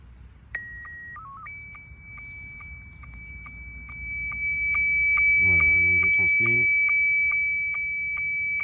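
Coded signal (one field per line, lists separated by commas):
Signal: SSTV (slow-scan television)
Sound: short calibration tones, then a steady high whistle broken by regular low ticks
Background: brief speech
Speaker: je vais vous faire un petit test par exemple de réception SSTV directement sur le poste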